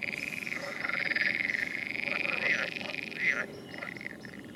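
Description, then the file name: Frogs calling in a chorus, overlapping buzzy trills held for several seconds, then fading. "Nature Recordings - Frogs"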